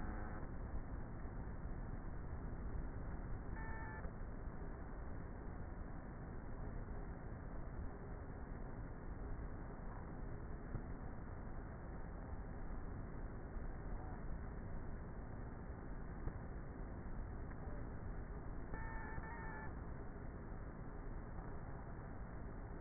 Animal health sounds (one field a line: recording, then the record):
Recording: honeybee colony, microphone inside the hive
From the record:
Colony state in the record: queenless with a low population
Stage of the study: before two queens were removed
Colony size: about 30,000 bees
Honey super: no